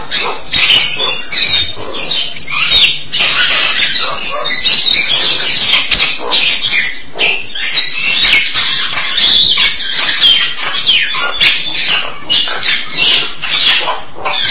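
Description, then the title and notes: Starling song: continuous loud, raspy, squeaky chatter with jumbled high notes throughout. "suara burung jalak"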